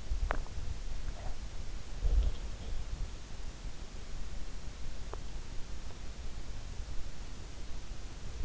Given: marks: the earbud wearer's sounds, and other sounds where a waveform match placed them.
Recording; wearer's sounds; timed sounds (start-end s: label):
sounds in sleep by an in-ear microphone; teeth grinding
0.25-0.52 s: teeth grinding
0.97-2.84 s: sound from someone else or the room